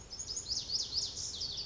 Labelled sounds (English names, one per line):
Lazuli Bunting